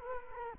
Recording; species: mosquito wingbeat signal from an infrared sensor; Culex quinquefasciatus